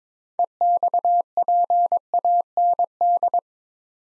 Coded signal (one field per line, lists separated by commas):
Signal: Morse code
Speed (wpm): 22 wpm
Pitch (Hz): 700 Hz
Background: none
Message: EXPAND